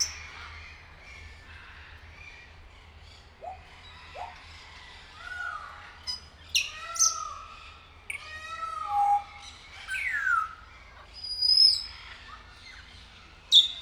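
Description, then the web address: Grey parrot calls: a varied series of clear whistles, slurred falling notes and short squawks, scattered irregularly with brief pauses over a low steady hum. Captive grey parrot at Nyíregyháza Zoo, 2019. "allathangok nyiregyhazizoo 2019 professzionalis jako papagaj hosszabban nyiregyhaza"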